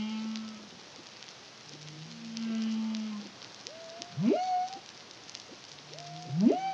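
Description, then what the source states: Humpback whale song: low, buzzy hums alternate with bright swooping upsweeps that end in sustained tones, forming a repeating pattern over light crackle and hiss. Caribbean, CARIMAM project, 2023.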